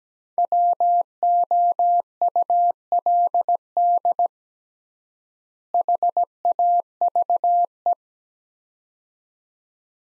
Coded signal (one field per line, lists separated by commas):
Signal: Morse code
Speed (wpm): 17 wpm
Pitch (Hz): 700 Hz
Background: none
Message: WOULD HAVE